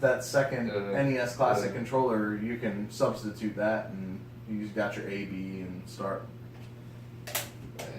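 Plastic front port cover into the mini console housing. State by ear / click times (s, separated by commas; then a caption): seated / 7.4 s. Someone talks while pushing the hinged plastic front port cover back into the housing of a mini console after showing its controller ports. A short click at 7.4 s is the cover snapping back into place, so it is seated.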